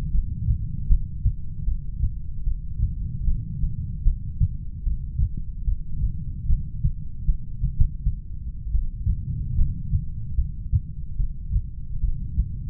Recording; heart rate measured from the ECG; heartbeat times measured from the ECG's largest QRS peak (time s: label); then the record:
heart sounds by stethoscope; 76 bpm
0.13 s: heartbeat
0.90 s: heartbeat
1.66 s: heartbeat
2.45 s: heartbeat
3.27 s: heartbeat
4.05 s: heartbeat
4.85 s: heartbeat
5.66 s: heartbeat
6.48 s: heartbeat
7.27 s: heartbeat
7.76 s: heartbeat
8.74 s: heartbeat
9.57 s: heartbeat
10.37 s: heartbeat
11.19 s: heartbeat
12.03 s: heartbeat
From the record:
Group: heart failure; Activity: rest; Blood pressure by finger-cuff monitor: 93/56 mmHg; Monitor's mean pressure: 69 mmHg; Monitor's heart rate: 75 bpm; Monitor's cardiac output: 8.2 L/min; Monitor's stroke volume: 107 mL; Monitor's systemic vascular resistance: 630 dyn s/cm5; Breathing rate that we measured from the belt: 20 breaths a minute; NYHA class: 1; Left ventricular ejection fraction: 39%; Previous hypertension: present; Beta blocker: carvedilol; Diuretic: furosemide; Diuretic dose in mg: 20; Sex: male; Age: 60 years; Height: 178 cm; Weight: 62 kg